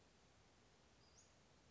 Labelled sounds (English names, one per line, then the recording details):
Western Flycatcher
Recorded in Sonoma County, California